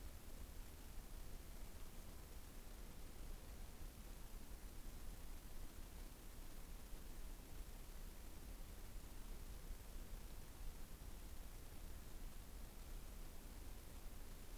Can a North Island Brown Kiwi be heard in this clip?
no